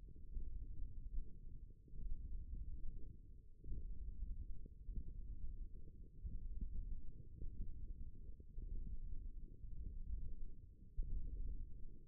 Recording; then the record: forearm muscle sounds (acoustic myography)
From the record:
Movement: tripod grip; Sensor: system 1, eight BSWA MPA416 microphones around the upper forearm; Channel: 4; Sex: male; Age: 18 years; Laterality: right